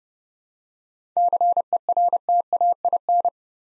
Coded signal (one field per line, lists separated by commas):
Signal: Morse code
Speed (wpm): 30 wpm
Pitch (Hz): 700 Hz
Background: none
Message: CERTAIN